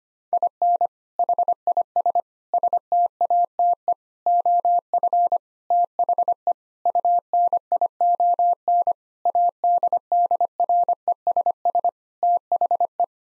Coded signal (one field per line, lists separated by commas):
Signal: Morse code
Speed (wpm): 25 wpm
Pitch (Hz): 700 Hz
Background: none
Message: IN HIS STATE OF THE UNION ADDRESS THE